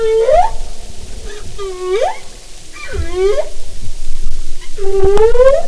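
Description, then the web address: Humpback whale calls: four drawn-out moans that swoop upward at the end, each with strong harmonics, separated by brief pauses. "Marine Mammals humpback"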